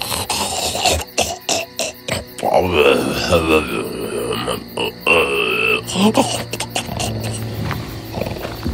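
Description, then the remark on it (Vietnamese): A sleeping monster's loud, growling snore in a cave: deep, rasping rumbles rising and falling in uneven bursts, with throaty grunts and snorts between them, continuing throughout without any speech. “Nhìn nó rất đáng sợ, và tiếng ngáy của nó to đến nỗi tất cả mọi vật trong hang động đều rung lên bần bật.”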